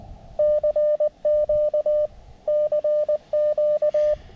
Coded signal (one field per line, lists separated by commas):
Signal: Morse code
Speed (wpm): 20 wpm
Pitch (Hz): 600 Hz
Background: none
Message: CQ CQ